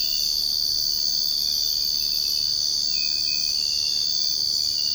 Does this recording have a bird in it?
no